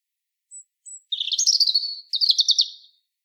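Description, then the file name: European robin song: two thin, very high whistled notes, then a rapid sparkling warble of twittering trills in two bursts, clean background. "Erithacus rubecula"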